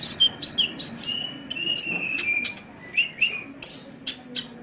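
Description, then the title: Oriental magpie-robin singing a quick run of clear whistled notes, some slurred downward, mixed with sharp clicks and chips. "Kicau Kacer"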